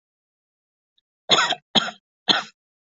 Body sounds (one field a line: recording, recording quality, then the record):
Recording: shallow voluntary cough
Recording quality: excellent, no background noise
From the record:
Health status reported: healthy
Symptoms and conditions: diabetes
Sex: female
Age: 41 years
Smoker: not ticked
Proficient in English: yes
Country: Canada